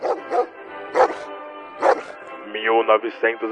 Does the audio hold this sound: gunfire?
no